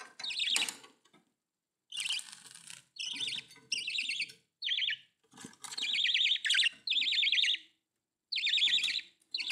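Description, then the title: Budgerigar calls, buzzy chirps and scratchy warbles in irregular bursts, some longer chattering runs, faint clicks underneath. "Budgie Sounds"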